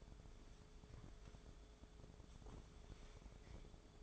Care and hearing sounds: daily activity, microphone in the room; take from stove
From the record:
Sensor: 5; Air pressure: 1010.5 hPa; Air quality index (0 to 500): 114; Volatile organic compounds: 2 ppm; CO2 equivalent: 1127 ppm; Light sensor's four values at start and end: 555/1405/585/677 and 658/1628/688/816

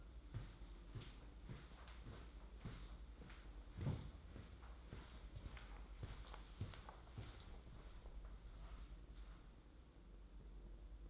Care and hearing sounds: daily activity, microphone in the room; walk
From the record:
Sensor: 3

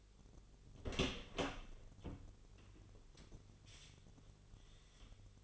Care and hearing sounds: daily activity, microphone in the room; open door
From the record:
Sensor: 4

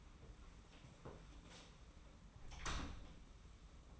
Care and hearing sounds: daily activity, microphone in the room; close door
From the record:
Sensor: 1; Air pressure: 991.6 hPa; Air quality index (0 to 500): 133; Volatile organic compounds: 473 ppm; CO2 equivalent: 4782 ppm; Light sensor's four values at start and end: 36/114/45/46 and 36/115/45/46

